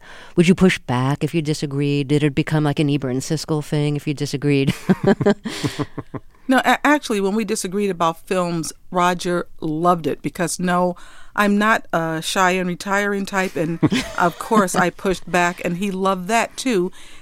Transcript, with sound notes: Would you push back if you disagreed? Did it become like an Ebert and Siskel thing if you disagreed? (Laughing).
No. Actually when we disagreed about films, Roger loved it because, no, I'm not a shy and retiring type and of course I pushed back and he loved that, too.